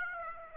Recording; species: mosquito wingbeat signal from an infrared sensor; Aedes aegypti